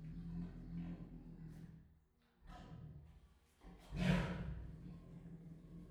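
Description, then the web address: Siberian tiger giving a low rumbling roar, with a louder broad burst near the end over a steady low hum. Two sister females, captive at Miskolc Zoo, recorded in 2018. "allathangok miskolcizoo 2018 sziberiai tigris ketnostenytestver miskolczoo"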